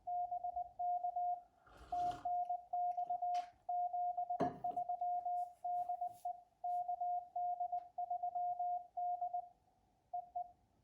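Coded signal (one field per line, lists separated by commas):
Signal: Morse code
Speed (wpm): 20 wpm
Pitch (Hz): 710 Hz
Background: radio noise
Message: BK TNX 73 DE KD3D EE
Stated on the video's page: Cootie (sideswiper) keyed CW contact, followed by a makeshift antenna built from a discarded VGA cable.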